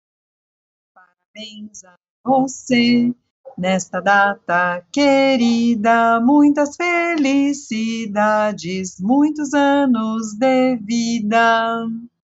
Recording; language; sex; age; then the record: short text; Brazilian Portuguese; female; 50 to 59 years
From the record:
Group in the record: control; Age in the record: 55 years